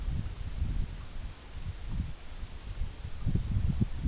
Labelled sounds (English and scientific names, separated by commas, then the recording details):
none
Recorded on Arctic tundra, site EABA-MC, on 21 June 2019
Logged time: 20:00